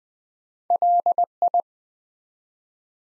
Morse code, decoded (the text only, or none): LI